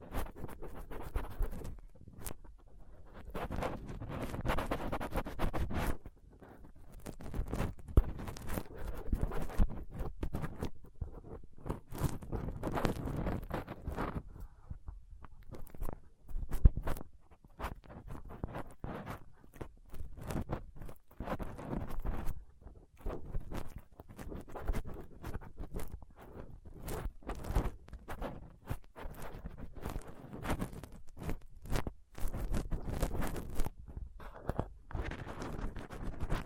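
A rough microphone is picked and scraped with a dental pick, tweezers and a cotton swab, making dense scratchy rasps and ticks. The scraping runs almost continuously with brief pauses, in quick irregular strokes that are mostly low and muffled, with sharper bright clicks scattered throughout.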